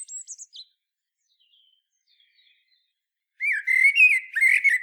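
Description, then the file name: Blackbird song: the high twittered tail of one phrase, a silent gap, then a new phrase of rich warbled whistles. "Turdus merula"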